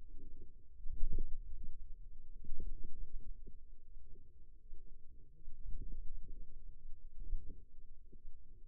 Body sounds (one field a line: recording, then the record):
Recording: forearm muscle sounds (acoustic myography)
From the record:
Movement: ulnar deviation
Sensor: system 2, bracelet of six BSWA MPA416 microphones around the upper forearm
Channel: 1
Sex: female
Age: 23 years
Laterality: right